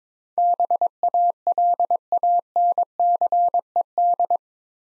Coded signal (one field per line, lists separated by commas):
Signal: Morse code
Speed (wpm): 23 wpm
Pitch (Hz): 700 Hz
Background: none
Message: BALANCED